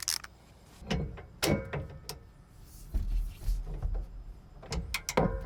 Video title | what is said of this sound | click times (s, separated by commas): Best Toyota Tacoma Accessory your Dealer Won't Talk About | that torque wrench clicks we know we've got the right setting and | 5.1 s, 5.2 s